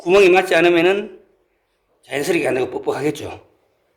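A part is being fitted into its mount on a brush cutter with its holes lined up, but nothing has seated yet. Someone talks over two bursts of speech separated by a pause, and no click or tap is heard.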